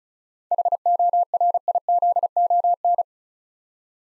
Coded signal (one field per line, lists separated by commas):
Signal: Morse code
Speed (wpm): 36 wpm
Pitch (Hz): 700 Hz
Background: none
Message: HORIZON